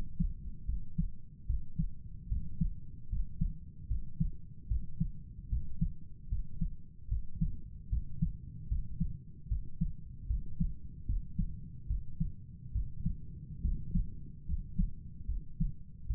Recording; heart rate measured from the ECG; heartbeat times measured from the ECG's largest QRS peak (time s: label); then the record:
heart sounds by stethoscope; 74 bpm
0.66 s: heartbeat
1.47 s: heartbeat
2.28 s: heartbeat
3.09 s: heartbeat
3.88 s: heartbeat
4.68 s: heartbeat
5.49 s: heartbeat
6.29 s: heartbeat
7.08 s: heartbeat
7.89 s: heartbeat
8.68 s: heartbeat
9.48 s: heartbeat
10.27 s: heartbeat
11.06 s: heartbeat
11.87 s: heartbeat
12.72 s: heartbeat
13.62 s: heartbeat
14.46 s: heartbeat
15.26 s: heartbeat
16.07 s: heartbeat
From the record:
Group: healthy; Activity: rest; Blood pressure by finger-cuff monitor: 109/64 mmHg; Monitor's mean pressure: 75 mmHg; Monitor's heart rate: 75 bpm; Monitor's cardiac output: 7.3 L/min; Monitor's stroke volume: 99 mL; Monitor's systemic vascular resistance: 740 dyn s/cm5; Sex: male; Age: 35 years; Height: 180 cm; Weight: 86.9 kg